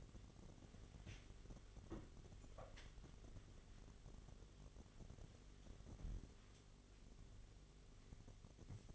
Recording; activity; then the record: daily activity, microphone in the room; wipe stove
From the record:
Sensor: 4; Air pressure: 1007.9 hPa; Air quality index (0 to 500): 199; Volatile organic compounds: 7 ppm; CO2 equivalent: 1992 ppm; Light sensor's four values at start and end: 22/71/27/26 and 22/71/27/26